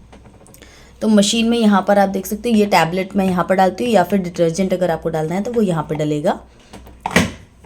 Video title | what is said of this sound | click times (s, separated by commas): बर्तन धोने की ये Machine किसी काम की नहीं? IFB vx16 Dishwasher~Best Dishwasher for Indian Homes Ep-1 | ये इस तरह से लॉक हो जाता है और इस तरीके से ओपन हो जाता है। | 7.1 s, 7.2 s